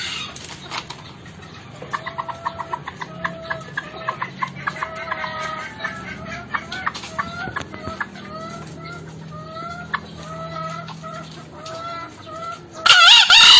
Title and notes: Kokok Ayam Hutan. MASTERAN AYAM HUTAN HIJAU YANG MACET BUNYI WAJIB NYAUT. Pemikat Ayam Hutan